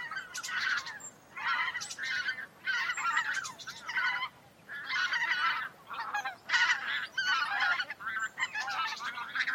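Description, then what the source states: Taiga bean goose honking, loud nasal calls given in repeated bouts with short pauses between them. Several taiga bean geese.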